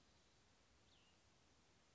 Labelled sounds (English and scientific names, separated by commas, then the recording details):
Cassin's Vireo (Vireo cassinii)
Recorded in Sonoma County, California